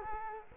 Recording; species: mosquito wingbeat signal from an infrared sensor; Culex quinquefasciatus